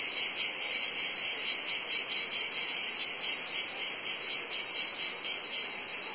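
Cicadas buzzing in a dense, high, steady drone that pulses rhythmically in volume, with no other clear sounds.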